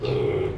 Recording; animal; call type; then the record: contact call of a hoofed animal; pig; closed-mouth grunt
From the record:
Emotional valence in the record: negative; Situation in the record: short social isolation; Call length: 0.58 s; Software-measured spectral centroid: 1400 Hz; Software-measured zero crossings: 970 a second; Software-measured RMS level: -24 dBFS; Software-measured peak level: -13 dBFS